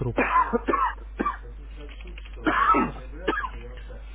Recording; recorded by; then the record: voluntary cough; telephone call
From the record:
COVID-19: positive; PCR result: checked with the laboratory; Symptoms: yes